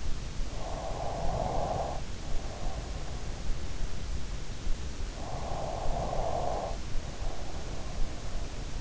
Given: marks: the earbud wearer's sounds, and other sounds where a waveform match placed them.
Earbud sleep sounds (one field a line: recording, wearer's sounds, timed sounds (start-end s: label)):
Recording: sounds in sleep by an in-ear microphone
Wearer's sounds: breath, snoring breath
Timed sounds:
0.32-3.60 s: breath
1.61-2.21 s: snoring breath
4.50-8.28 s: snoring breath